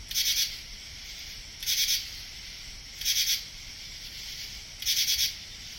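Crickets chirping in short pulsed bursts about every one and a half seconds, with a faint steady high whine underneath.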